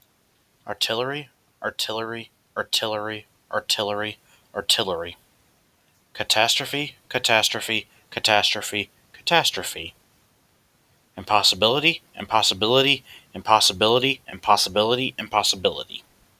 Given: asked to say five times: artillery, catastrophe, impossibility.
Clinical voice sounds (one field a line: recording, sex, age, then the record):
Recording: three words, each repeated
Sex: male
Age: 20 to 29 years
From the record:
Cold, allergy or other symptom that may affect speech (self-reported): no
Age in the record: 27 years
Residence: Texas, United States